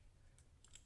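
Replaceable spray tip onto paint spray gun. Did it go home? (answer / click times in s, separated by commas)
no / none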